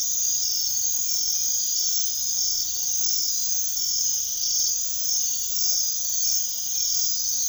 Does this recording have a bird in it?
no